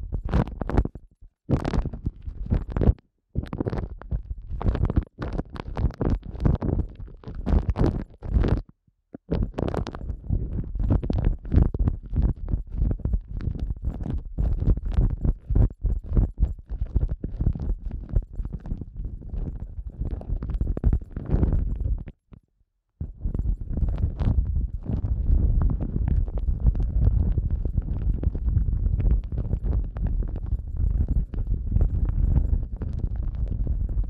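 Sensitive eardrum massage ASMR: dense, low, muffled rubbing and thumping against the microphone, with crackly bursts reaching brighter. The motion is rapid and fairly constant, broken by brief silent gaps near 1, 3, 9 and 22–23 seconds, then denser, steadier rubbing afterward.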